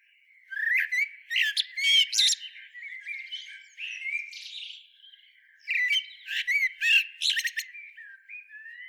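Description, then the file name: Eurasian blackbird twittering song: two busy bursts of squeaky, chattering notes and slurred whistles separated by a quieter stretch of soft warbling. "Turdus merula"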